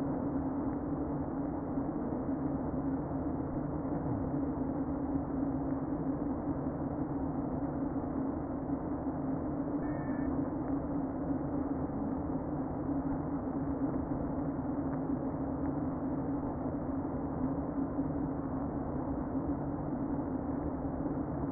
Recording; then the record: honeybee colony, microphone inside the hive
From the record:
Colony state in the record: queen present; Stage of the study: before two queens were removed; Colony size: about 60,000 bees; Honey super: yes